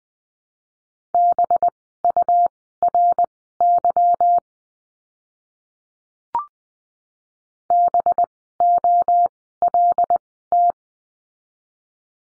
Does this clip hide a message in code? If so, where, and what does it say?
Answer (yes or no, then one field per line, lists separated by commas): yes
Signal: Morse code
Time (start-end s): 1.1-10.7 s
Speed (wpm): 20 wpm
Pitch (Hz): 700 Hz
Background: none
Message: BURY BOLT